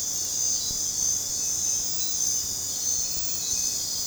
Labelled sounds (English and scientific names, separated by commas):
none